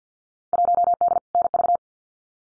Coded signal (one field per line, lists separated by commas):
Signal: Morse code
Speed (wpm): 50 wpm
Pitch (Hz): 700 Hz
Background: none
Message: 1D NV